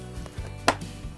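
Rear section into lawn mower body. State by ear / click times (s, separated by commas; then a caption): seated / 0.7 s. The plastic rear roller section of a Cobra GTRM400 electric lawn mower is pressed into the mower body and given a tug. After a small knock near 0.3 s, a loud, sharp click sounds at 0.7 s as the section seats firmly in place.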